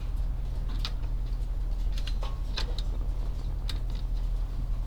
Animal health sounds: poultry house recording; sick chickens (respiratory disease)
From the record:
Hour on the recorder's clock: 14

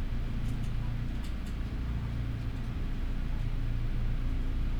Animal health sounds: poultry house recording; healthy chickens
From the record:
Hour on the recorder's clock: 12

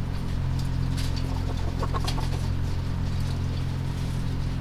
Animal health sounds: poultry house recording; healthy chickens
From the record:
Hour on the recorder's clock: 2

